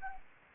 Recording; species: mosquito wingbeat signal from an infrared sensor; Anopheles gambiae